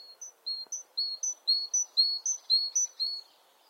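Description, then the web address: Great tit song: a steady series of high, clear two-part phrases, a short upper note then a longer lower one, repeated about twice a second with a quiet background. "SETE data Parus major"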